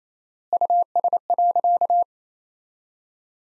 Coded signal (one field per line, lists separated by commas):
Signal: Morse code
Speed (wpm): 28 wpm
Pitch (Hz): 700 Hz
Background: none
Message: US.